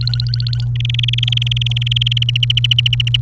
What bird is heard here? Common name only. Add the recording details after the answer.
Domestic Canary. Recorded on 30 April 2018 at 08:28. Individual llb3